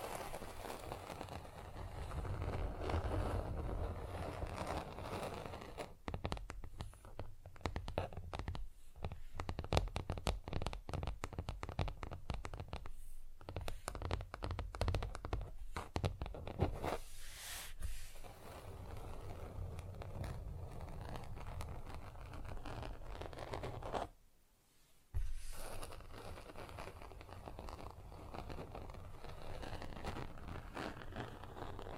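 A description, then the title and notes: Nail filing, fast and rough, runs almost without pause as a dense, gritty scratching across low and bright tones. Quick strokes pile up in rapid, uneven bursts, with short breaks around 6, 13 and 17 seconds and a brief silence near 24 seconds. Fast & Rough Nail Filing + Tapping.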